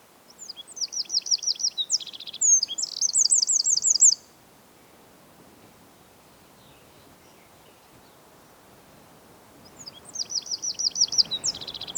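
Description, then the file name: Eurasian wren singing a fast, high-pitched trilled phrase of about four seconds, then quiet background hiss, then another sharp trill beginning near the end. "Troglodytes troglodytes"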